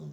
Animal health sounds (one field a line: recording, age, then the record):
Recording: pig call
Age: piglet (1 to 25 days)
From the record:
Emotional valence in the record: negative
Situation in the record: long isolation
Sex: male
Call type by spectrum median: low-frequency call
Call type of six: low-frequency stable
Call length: 0.12 s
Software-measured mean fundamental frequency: 50 Hz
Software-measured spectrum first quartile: 151 Hz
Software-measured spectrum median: 191 Hz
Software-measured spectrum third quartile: 357 Hz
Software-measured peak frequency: 152 Hz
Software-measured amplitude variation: 41 dB a second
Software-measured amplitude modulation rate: 20.4 a second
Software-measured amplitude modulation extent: 2.0 dB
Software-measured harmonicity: 4.4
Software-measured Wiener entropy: -0.06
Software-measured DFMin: 1715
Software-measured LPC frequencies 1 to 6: 3561, 5287, 5877, 7035, 8602, 10729 Hz